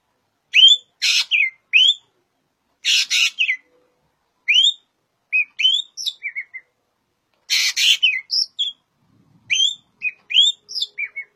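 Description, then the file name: Green magpie calls: loud harsh rasping bursts mixed with clear upslurred whistles and short falling whistled notes, given in irregular bunches. "Suara Burung Ekek"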